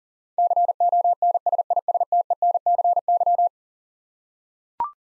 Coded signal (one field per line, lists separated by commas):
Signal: Morse code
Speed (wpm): 40 wpm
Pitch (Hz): 700 Hz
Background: none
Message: CONSISTENCY